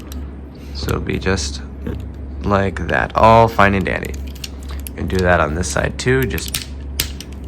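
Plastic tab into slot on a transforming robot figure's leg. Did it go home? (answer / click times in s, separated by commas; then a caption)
yes / 7.0 s, 7.2 s. Someone talks while rotating up a plastic leg panel on the second side of a Transformers Optimus Maximus transforming robot figure so that its tab goes into a slot. Two sharp plastic pops are heard at 7.0 and 7.2 seconds as the tab seats in the slot.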